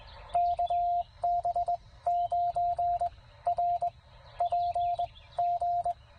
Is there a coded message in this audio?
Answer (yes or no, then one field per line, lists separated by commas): yes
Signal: Morse code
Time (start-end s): 0.4-5.9 s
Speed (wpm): 19 wpm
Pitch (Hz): 700 Hz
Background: radio noise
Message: KB9RPG